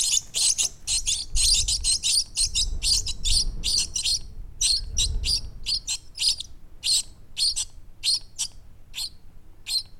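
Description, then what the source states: Bird nestlings chirping, dense bursts of high, shrill tweets in rapid irregular runs, with a low rumble of wind beneath. Nestlings chirping in the nest, with wind in the background.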